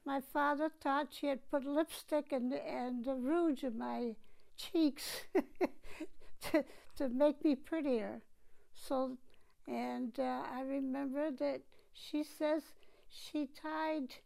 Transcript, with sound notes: my father thought she had put lipstick and rouge on my cheeks ( she laughs ) to make me prettier. And I remember that she says she tied